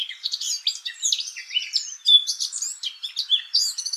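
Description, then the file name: Eurasian blackcap song, a dense, rapid warble of varied high twittering and whistled notes running without pause throughout. "Sylvia atricapilla"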